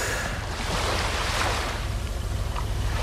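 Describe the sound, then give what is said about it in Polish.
Steady murmuring of sea waves, a broad continuous wash of surf with a low rumble underneath and gentle swells in loudness, with no voices. “Ostatnio, jak wiemy, trójka nadawała z Pucka, no ale jeszcze trochę poszumieć nam nie zaszkodzi, prawda?”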